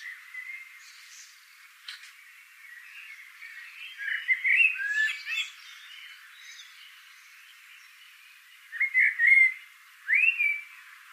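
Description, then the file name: Eurasian blackbird: bright arched notes in two bursts, with a quieter stretch between them. "Turdus merula"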